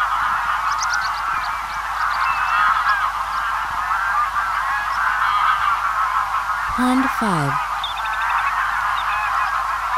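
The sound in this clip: Massed greylag goose honks, a constant overlapping clamour, with one deeper descending call standing out shortly before the seventh second.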